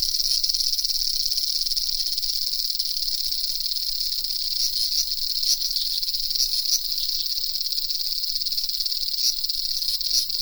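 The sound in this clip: Cicadas in a sustained high buzz, broken by a few brief louder bursts.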